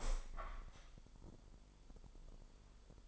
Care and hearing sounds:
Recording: daily activity, microphone in the room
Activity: open window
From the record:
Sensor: 5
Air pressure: 995.8 hPa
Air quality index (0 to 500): 100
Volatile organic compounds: 6 ppm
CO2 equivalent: 1914 ppm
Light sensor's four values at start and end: 40/96/39/41 and 40/97/39/41

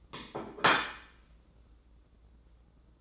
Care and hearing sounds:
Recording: daily activity, microphone in the room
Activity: place plate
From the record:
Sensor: 3

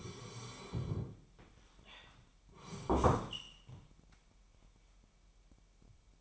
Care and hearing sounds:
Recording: daily activity, microphone in the room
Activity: sit down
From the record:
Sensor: 1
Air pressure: 998.6 hPa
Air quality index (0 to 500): 118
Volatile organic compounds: 3 ppm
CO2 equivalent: 1400 ppm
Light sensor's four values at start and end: 8/19/8/9 and 8/19/8/9

